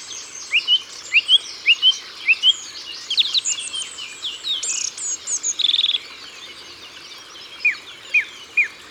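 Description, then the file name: Song thrush singing varied whistled and chirpy phrases, a short rising note repeated several times, then fuller warbling and a quick trill, over a faint background hiss. Ardèche, France. "Grive-Musicienne-Concerts-Naturels-De-l Ardeche"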